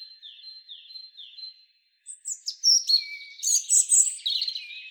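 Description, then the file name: European robin song: a short series of repeated thin descending notes, a short gap, then a rich jumble of high sparkling trills and whistles. "Erithacus rubecula"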